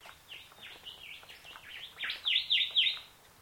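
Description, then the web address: Bird call: a quick run of high, sharp chirping notes, about four per second, softer at first, then swelling into three loud, harsh final notes. Unidentified bird calling in mangroves. "Sound Effects-Foundation 1 BIRD UNKNOWN MAGROVES 06 CALL 02"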